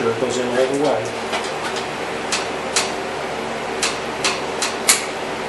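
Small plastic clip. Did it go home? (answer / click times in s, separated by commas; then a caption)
yes / 4.9 s. The ball end and retainer piece of a new hood release cable for a 1996-2000 Honda Civic are pushed into the release handle bracket while someone talks over a steady background hum. Several softer clicks and taps come at about 2.8, 3.8 and 4.6 seconds, then a sharp, loud snap at 4.9 seconds. The cable end is seated in place.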